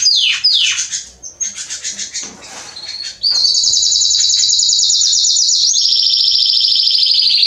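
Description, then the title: Canary song, scattered downslurred chirps and rustling at first, then a steady high rolling trill that drops slightly in pitch for its final seconds. Male Belgian canary singing a lot, used to warm up young canaries; named Canário Pastinha. "Esquente Seu Filhote E Canario Belga Em 30 Minutos Macho Cantando Muito. Esquente seu canrio belga em 30 minutos - Canrio Pastinha cantando"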